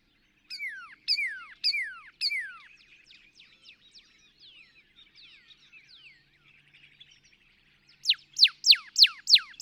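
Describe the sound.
Northern cardinal song: loud downslurred whistles repeated about twice a second, a softer quieter stretch of faint notes, then a faster run of sharp slurred notes.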